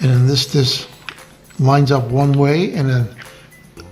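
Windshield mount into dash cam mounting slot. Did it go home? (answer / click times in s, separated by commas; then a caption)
yes / 3.8 s. A windshield mount is lined up with the slot on the bottom of a dash cam and slid in until it locks onto the camera. Someone talks through most of the clip, then a short click is heard at 3.8 s as the mount seats.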